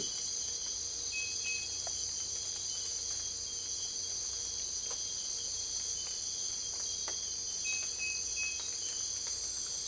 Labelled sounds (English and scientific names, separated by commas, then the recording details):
none
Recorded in dense forest near Puerto Asís, Putumayo, Colombia, on 22 December 2024 at 03:30
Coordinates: 0.482, -76.320
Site G021